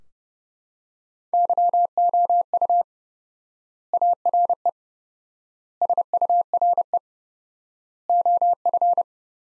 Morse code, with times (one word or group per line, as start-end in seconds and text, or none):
1.3-2.8 YOU
3.9-4.7 ARE
5.8-7.0 SURE
8.1-9.0 OF